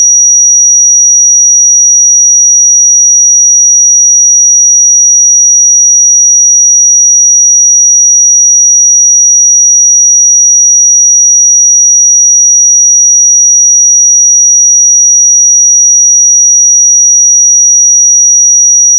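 A pure sine tone sits at 5780 Hz, a thin, piercing high whistle that holds perfectly steady for the full nineteen seconds. Its loudness never changes, and nothing else is heard around it, no hum, noise or other sounds.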